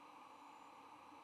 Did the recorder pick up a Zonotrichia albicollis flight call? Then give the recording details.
no. No flight call is heard. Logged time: 07:26 on 9 November 2014